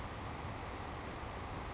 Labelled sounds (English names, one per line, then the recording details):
Savannah Sparrow
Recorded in Sonoma County, California